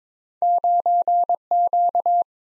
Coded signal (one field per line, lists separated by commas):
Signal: Morse code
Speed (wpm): 22 wpm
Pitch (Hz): 700 Hz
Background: none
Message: 9Q